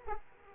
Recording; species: mosquito wingbeat signal from an infrared sensor; Aedes aegypti